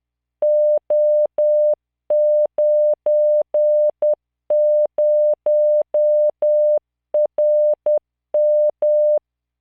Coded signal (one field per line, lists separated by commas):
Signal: Morse code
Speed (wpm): 10 wpm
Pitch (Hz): 600 Hz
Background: none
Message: O90RM